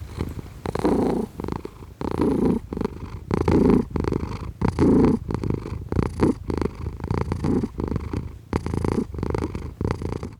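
Cat purring steadily, a rough low rumble that swells and fades with each breath.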